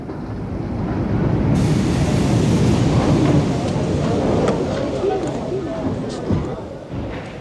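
A train rolls along the rails with a steady, heavy low rumble and rattle, holding loud throughout, with a few sharper clanks near the end.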